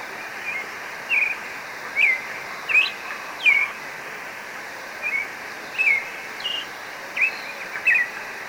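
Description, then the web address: Marañón thrush song of brief, sweet whistled notes, mostly spaced under a second apart, with a steady hiss behind. Recorded in Ecuador. "Birds of Ecuador. Maranon thrush"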